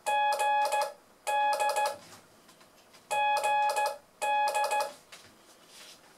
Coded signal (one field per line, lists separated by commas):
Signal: Morse code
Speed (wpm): 15 wpm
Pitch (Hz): 840 Hz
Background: none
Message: GD GD